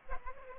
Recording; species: mosquito wingbeat signal from an infrared sensor; Aedes aegypti